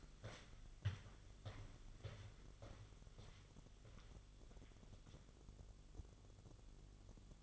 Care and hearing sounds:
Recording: daily activity, microphone in the room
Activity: walk to room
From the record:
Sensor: 4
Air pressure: 1009.0 hPa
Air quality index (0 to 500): 138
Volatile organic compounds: 2 ppm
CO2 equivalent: 998 ppm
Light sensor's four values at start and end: 11/25/10/9 and 14/32/13/12

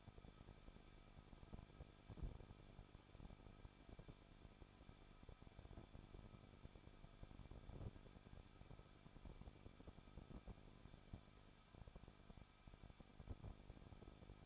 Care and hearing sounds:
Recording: daily activity, microphone in the room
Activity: no activity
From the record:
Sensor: 5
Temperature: 20.9 degrees Celsius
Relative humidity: 38.1%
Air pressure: 1006.5 hPa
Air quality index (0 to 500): 187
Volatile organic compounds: 18 ppm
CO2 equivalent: 2620 ppm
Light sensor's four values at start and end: 2/3/1/1 and 2/3/1/1

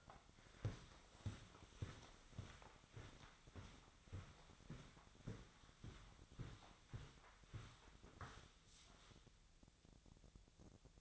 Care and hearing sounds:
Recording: daily activity, microphone in the room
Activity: walk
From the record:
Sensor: 3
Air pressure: 1009.3 hPa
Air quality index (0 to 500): 193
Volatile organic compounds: 4 ppm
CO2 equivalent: 1558 ppm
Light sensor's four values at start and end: 58/149/65/68 and 58/149/66/68

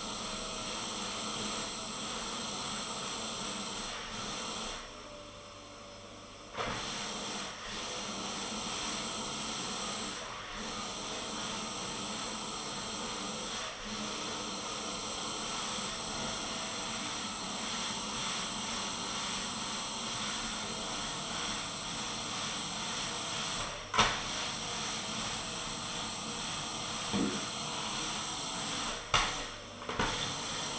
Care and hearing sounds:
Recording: daily activity, microphone in the room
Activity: vacuum cleaning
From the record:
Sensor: 4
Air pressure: 995.3 hPa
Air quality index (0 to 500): 199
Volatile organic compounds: 147 ppm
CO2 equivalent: 4008 ppm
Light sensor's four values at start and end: 9/22/8/10 and 9/21/8/9

